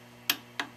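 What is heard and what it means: A torque wrench tightening a motorcycle cylinder head bolt gives a sharp click at 0.3 s as it reaches the proper torque, followed by a second, softer click at about 0.6 s, over a steady low background hum. The bolt is torqued.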